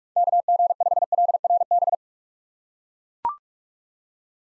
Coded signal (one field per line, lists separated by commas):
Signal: Morse code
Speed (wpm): 42 wpm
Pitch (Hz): 700 Hz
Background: none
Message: KG5LRB